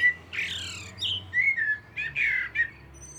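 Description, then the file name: Common blackbird singing short phrases of fluted whistles and squeaky, scratchy notes, in several bursts over three seconds. "Turdus merula"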